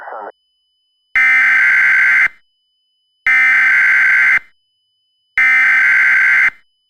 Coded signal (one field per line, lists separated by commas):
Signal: Emergency Alert System (SAME) tones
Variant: header bursts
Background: speech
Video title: EAS Scenario: The Great Detroit Tornado Outbreak